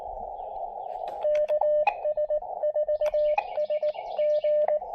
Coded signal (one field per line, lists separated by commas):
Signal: Morse code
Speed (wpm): 20 wpm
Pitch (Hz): 590 Hz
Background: radio noise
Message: KS4SG